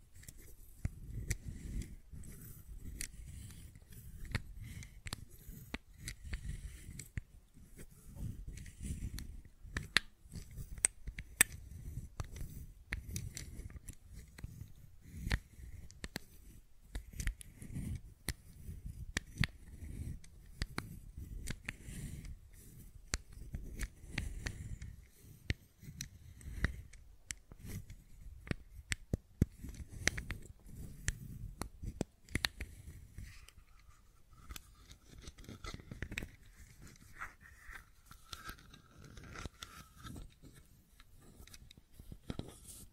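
Fidget cube tapping and clicking, a steady stream of short sharp clicks scattered irregularly throughout, some louder than others. Beneath them runs a soft low rumbling thud, and after about thirty-three seconds a faint thin tone wavers briefly.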